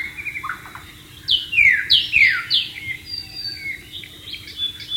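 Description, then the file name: White-rumped shama song, soft warbled notes, then three or four bright descending whistles in quick succession and a quieter trailing phrase. Wild bird, recorded in the wild. "suara burung murai batu di alam liar"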